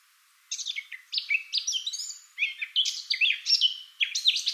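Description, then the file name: Eurasian blackcap song in several quick phrases of twittering, slurred notes that step down and up in pitch, repeated with short pauses between them. "Sylvia atricapilla"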